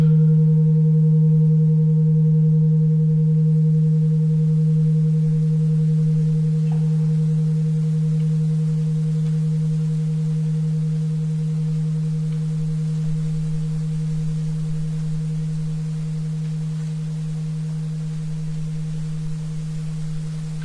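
A steady low tone, given as 77.4 Hz, holds unbroken for the whole stretch, with a fainter, higher ringing tone above it. The level sinks very slowly, and a soft hiss and a brief faint blip near seven seconds sit underneath.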